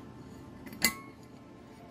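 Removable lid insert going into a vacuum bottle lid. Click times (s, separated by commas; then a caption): 0.8 s. The removable insert of a stainless steel wide-mouth vacuum thermos lid is pushed back in and the latch is flipped down. A single sharp snap sounds at 0.85 s, caused by the little catchers around the outside of the piece, and the insert is seated in place.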